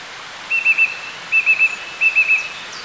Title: Sylvain Jaskowiak - Mes piafs. Grive musicienne